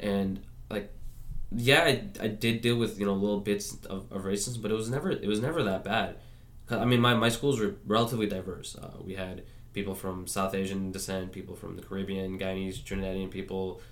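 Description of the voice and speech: A man speaks casually and fluently, with everyday fillers and a clear, steady low voice: typical speech.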